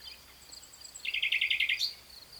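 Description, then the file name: Common nightingale song: a rapid rattling trill of even notes lasting under a second, ending in a sharp high note, against a faint steady background drone. "Luscinia megarhynchos"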